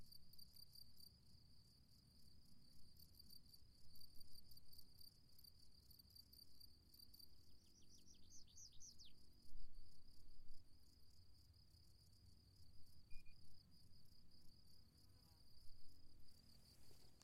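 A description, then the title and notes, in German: Outdoors in a hollow on a hilltop ridge, crickets keep up a steady, high, bright trill throughout, with a faster pulsing chirp layered over it for the first seven seconds. A bird calls briefly near the middle, over a low, rumbling wind. Eine Kuhle im Bergrücken des Hesselbergs. Hatte 3 Mikrophone mit.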